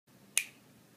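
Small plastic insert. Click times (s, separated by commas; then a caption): 0.4 s. A replacement inner part is pushed down with the tip of a tool into the housing of a Vaavud phone wind meter for a Galaxy S2, over a low, quiet background. A single sharp, bright click sounds at 0.4 s as the part seats fully in place.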